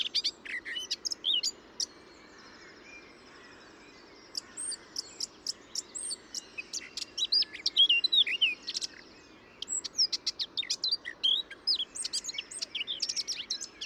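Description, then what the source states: Bird song: a varied run of high whistles, sharp chirps and short buzzy trills, broken by pauses, with rapid mixed notes resuming after each. Described as hyper-imitative.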